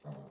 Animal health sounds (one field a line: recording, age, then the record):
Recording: pig call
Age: piglet (1 to 25 days)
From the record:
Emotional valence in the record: negative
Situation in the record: short isolation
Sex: female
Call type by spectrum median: low-frequency call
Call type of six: low-frequency stable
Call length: 0.31 s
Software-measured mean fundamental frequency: 50 Hz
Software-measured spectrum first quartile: 160 Hz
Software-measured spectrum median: 343 Hz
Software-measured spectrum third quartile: 929 Hz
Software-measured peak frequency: 151 Hz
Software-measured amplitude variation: 167 dB a second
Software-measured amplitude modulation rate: 16.2 a second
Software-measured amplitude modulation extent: 10.4 dB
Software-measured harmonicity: 1.4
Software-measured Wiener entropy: -0.20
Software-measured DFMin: 994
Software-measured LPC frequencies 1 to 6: 619, 2745, 3835, 5464, 6241, 6974 Hz